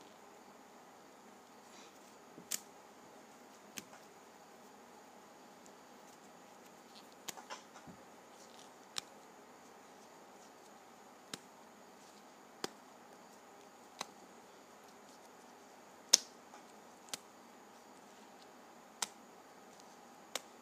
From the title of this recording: Flipping Through a Pad of Paper